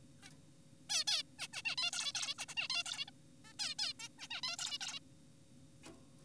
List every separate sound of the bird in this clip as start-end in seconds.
0.23-0.30, 0.90-1.04, 1.08-1.23, 1.39-1.48, 1.53-1.62, 1.65-1.76, 1.78-1.91, 1.93-2.12, 2.15-2.35, 2.38-2.46, 2.49-2.54, 2.57-2.68, 2.70-2.83, 2.86-3.05, 3.08-3.11, 3.45-3.53, 3.59-3.75, 3.79-3.93, 4.00-4.08, 4.19-4.28, 4.31-4.41, 4.44-4.56, 4.59-4.78, 4.81-5.00, 5.84-5.90